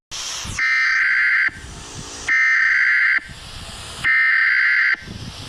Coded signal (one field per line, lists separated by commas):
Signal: Emergency Alert System (SAME) tones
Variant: header bursts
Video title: Eas Scenario